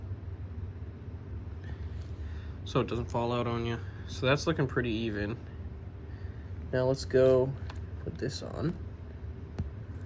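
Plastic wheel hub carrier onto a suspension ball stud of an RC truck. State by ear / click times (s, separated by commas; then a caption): not seated / none. Someone talks while handling the rebuilt wheel hub assembly of a Traxxas 4-Tec 2.0 RC truck after a wheel bearing replacement, getting its plastic wheel hub carrier ready to press onto a suspension ball stud. Over a steady low hum there are only faint small ticks near 1.6 s, 9.6 s and 10.1 s. Nothing has snapped or seated onto the ball stud yet.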